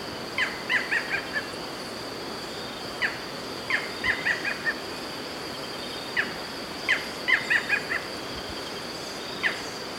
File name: Micrastur ruficollis - Barred Forest Falcon